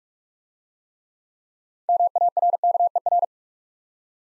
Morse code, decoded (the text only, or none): MARKER